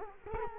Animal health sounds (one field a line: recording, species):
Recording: mosquito wingbeat signal from an infrared sensor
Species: Culex quinquefasciatus